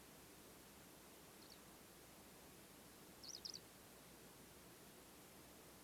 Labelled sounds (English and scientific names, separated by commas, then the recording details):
Eurasian Skylark (Alauda arvensis)
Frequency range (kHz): Eurasian Skylark (Alauda arvensis) 3.6-6.3 kHz
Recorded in France